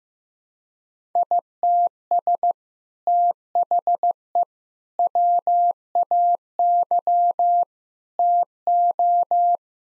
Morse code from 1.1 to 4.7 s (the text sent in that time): ITS THE